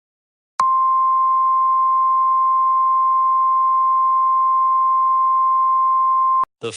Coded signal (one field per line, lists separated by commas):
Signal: Emergency Alert System (SAME) tones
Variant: 1050 Hz attention tone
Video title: Cascadia Subduction Zone EAS - Scenario #1